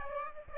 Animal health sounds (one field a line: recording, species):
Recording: mosquito wingbeat signal from an infrared sensor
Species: Aedes aegypti